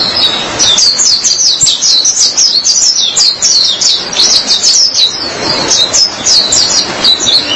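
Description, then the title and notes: White-eye song: lively, high-pitched twittering with quick up-and-down chirps strung together in a continuous warbling stream. "Suara kicauan burung pleci"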